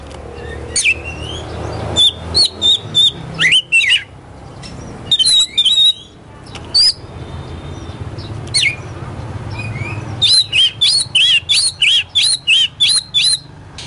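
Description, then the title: Oriental magpie-robin song in spaced bursts of sharp, high whistled notes, ending in a quick repeated series of clipped phrases, over a low background hum. Competition magpie-robin ('kacer poci'), national champion, singing 'gacor' with 'nembak' and 'ngerol' song styles; seven kinds of sound every three minutes. "Kacer Poci Gacor Nembak Dan Ngerol Juara Nasional. 7 macam suara kacer setiap 3 menit"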